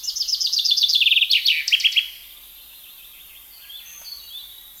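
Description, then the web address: Common chaffinch gives a rattling descending song of about two seconds ending in an abrupt flourish, followed by faint high calls from other birds. "SETE Fringilla coelebs"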